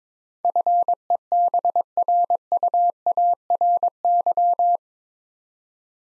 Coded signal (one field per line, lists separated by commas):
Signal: Morse code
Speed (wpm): 21 wpm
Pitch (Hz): 700 Hz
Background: none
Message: FEBRUARY